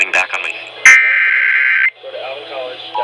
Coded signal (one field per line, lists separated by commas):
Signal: Emergency Alert System (SAME) tones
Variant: header bursts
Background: speech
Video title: DOUBLE SVR ANOTHER SEVERELY TIMES... EAS Alerts from 8/18/25 (EAS#4,548 - 4,576)